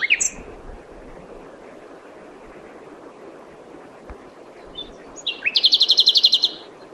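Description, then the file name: Common nightingale song opening with a bright whistle, then after a silence a rapid, rattling series of evenly repeated high notes. "Luscinia megarhynchos"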